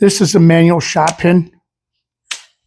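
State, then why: Seated. Someone talks for about 1.5 seconds, then after a pause a single sharp metallic snap is heard at 2.3 s as a manual shot pin, a metal plunger pin on an end-of-arm tooling component, locks into its housing on a robot tooling clamp. The pin is seated and locked into place.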